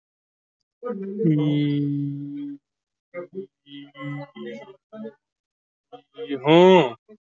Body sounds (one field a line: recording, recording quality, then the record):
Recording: sustained vowel as in beet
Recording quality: excellent, no background noise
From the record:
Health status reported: healthy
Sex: male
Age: 22 years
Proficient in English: yes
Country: India